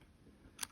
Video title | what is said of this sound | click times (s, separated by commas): How to replace all keycaps on a MacBook Pro A2141, A2251, A2289 and A2338 Intel & M1 (2019 - 2021) | and you'll hear it click | 0.6 s